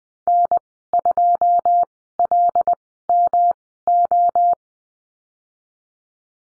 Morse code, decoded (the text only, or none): N2LMO